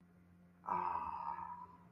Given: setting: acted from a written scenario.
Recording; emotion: vocal sound without words; desire